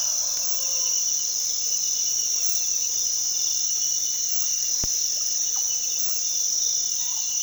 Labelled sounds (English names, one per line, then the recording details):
none
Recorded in pastures near Puerto Asís, Putumayo, Colombia, on 19 February 2024 at 06:00
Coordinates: 0.468, -76.328
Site G6414